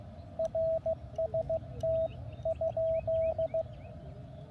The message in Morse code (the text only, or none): RST ?